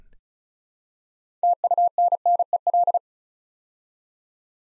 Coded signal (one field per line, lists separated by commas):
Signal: Morse code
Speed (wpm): 36 wpm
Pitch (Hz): 700 Hz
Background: none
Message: TUNNEL